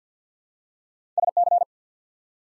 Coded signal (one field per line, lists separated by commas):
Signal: Morse code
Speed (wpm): 53 wpm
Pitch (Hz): 700 Hz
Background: none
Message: SC